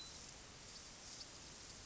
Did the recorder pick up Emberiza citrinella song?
no